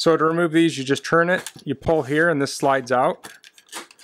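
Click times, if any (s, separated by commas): 3.9 s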